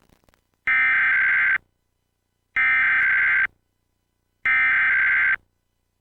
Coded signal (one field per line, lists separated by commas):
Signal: Emergency Alert System (SAME) tones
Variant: header bursts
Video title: Xfinity Monthly EAS Test - November 2, 2022 | MN (VHS)